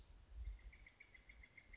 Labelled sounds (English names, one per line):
Western Flycatcher